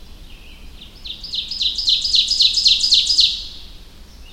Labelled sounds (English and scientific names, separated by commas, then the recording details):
Ovenbird (Seiurus aurocapilla) song
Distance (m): 5 m
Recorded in boreal forest in Alberta, Canada, on 25 June 2016 at 06:31
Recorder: SongMeter 3, array SBT-6-76
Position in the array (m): 37 m, 102 m
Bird 2